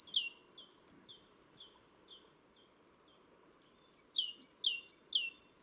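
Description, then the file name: Great tit with soft repeated two-note phrases at first, then a louder run of several high-then-falling phrases toward the end, over low steady noise. "Parus major"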